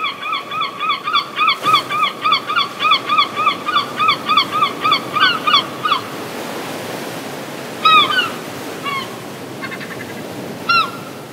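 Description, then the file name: Gull calls: a fast laughing series of yelping notes, about three per second for six seconds, then a few single yelps. "seagull sound"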